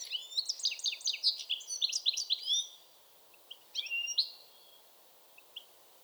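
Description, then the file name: European goldfinch twitter of fast, tinkling repeated notes for about three seconds, followed by a few scattered single chirps and quiet gaps. "Carduelis carduelis"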